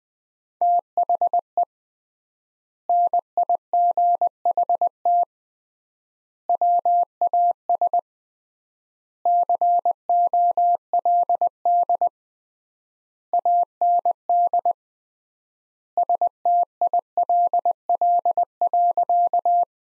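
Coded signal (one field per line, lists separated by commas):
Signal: Morse code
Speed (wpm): 21 wpm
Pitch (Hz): 700 Hz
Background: none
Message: THE NIGHT WAS COLD AND STILL.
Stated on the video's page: Morse sentence practice at 20wpm with 3x word spacing, similar to Farnsworth method applied to words.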